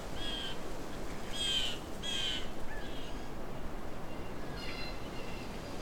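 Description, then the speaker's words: Blue Jay calls, a few harsh nasal notes, two carrying a short whistled tone, spaced irregularly over steady background noise and low rumble. Many blue jays at the entrance to Alvar Bay, 26 July 2020, making lots of interesting sounds. "So I'm at Alvar Bay, but the entrance is full of blue jays making lots of interesting sounds."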